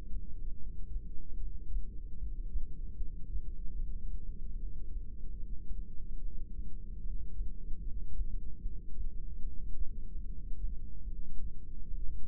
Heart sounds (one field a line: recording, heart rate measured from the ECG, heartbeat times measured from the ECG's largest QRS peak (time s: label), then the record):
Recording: heart sounds by microphone in the right ear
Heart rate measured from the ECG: 74 bpm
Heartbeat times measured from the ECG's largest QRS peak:
0.54 s: heartbeat
1.34 s: heartbeat
2.15 s: heartbeat
2.94 s: heartbeat
3.74 s: heartbeat
4.55 s: heartbeat
5.36 s: heartbeat
6.17 s: heartbeat
6.99 s: heartbeat
7.79 s: heartbeat
8.59 s: heartbeat
9.40 s: heartbeat
10.22 s: heartbeat
11.04 s: heartbeat
11.87 s: heartbeat
From the record:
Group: heart failure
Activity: rest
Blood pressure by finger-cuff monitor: 116/82 mmHg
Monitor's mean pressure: 96 mmHg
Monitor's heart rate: 74 bpm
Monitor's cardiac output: 7.7 L/min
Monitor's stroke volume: 102 mL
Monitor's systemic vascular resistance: 920 dyn s/cm5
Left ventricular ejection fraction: 25%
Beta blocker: metoprolol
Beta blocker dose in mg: 62.5 twice daily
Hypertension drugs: ramipril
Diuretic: furosemide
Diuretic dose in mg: 40 twice daily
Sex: male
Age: 57 years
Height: 180 cm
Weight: 90.5 kg